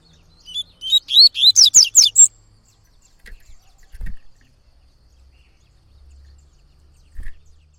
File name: canto de coleiro baiano